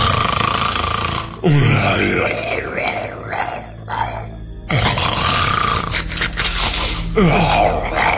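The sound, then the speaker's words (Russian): A voice imitates the loud snoring of a sleeping dragon coiled around an apple tree: harsh, raspy, growling snores drawn out in long repeated breaths, rumbling steadily for several seconds with no other talk. “Спит змей Гаврилыч, обернувшись вокруг яблоньки, и храпит так, что елки вокруг трясутся.”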